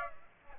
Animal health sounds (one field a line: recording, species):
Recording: mosquito wingbeat signal from an infrared sensor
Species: Aedes aegypti